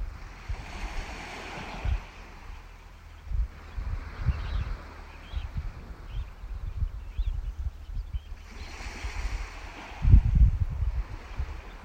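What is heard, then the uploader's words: Wind buffets a wild beach, rumbling low throughout, while surf swells and hisses near the start and again after eight seconds. Faint shorebird cries flicker through the middle stretch, and a heavy gust thumps around ten seconds. Wild and windy beach of Orkney’s South Ronaldsay. The cry of turnstones, plovers, sanderlings and redshanks, competing for the lead solo part, as they take flight from the water’s edge with the grey seals peacefully watching. Recorded by Annabel Ross.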